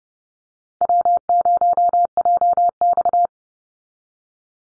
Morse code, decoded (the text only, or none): W0JX